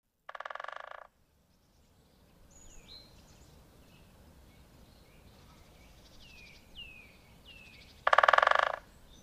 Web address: agykontroll Madardalok Cd 2. Nagy fakopáncs